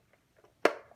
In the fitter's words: so you hear that click which is what i like to hear